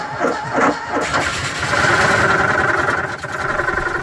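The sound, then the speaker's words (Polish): A small Fiat 126p (Maluch) car engine cranks with a few rhythmic starter turns, then catches and settles into a steady, buzzy idle with a pronounced mid-pitched hum, loud and unaccompanied by speech. “Maluch. Każdy jeździł, każdy miał.”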